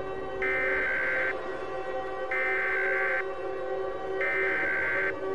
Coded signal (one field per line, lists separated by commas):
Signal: Emergency Alert System (SAME) tones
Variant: header bursts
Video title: ISIS Nightmare REMASTERED (An EAS Scenario)